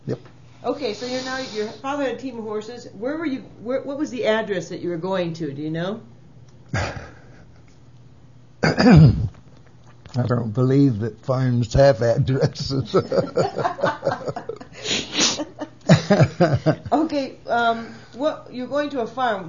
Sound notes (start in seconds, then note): 8.6 coughs; 12.1 laughs